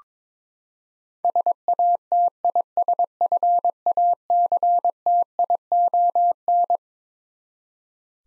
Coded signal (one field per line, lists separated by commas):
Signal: Morse code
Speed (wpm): 22 wpm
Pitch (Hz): 700 Hz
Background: none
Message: SATISFACTION